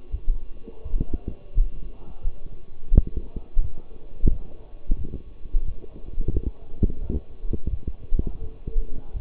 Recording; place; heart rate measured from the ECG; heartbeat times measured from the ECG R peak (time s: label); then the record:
heart sounds by stethoscope; between the tricuspid and mitral areas; 86 bpm
0.11 s: heartbeat
0.83 s: heartbeat
1.54 s: heartbeat
2.22 s: heartbeat
2.91 s: heartbeat
3.60 s: heartbeat
4.29 s: heartbeat
4.97 s: heartbeat
5.64 s: heartbeat
6.31 s: heartbeat
7.00 s: heartbeat
7.70 s: heartbeat
8.40 s: heartbeat
9.13 s: heartbeat
From the record:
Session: walking at 3.7 km/h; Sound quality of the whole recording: partially saturated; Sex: male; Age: 24 years